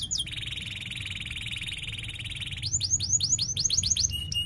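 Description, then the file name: Canary song: a sustained, even roll for two seconds, then a rapid series of sharp upswept notes and thin high chirps. Canary described as energetic singing (gacor), with chirping and sharp rolling trills (ngerol tajam). "Suara Kenari Gacor Cuit Cuit Ngerol Tajam"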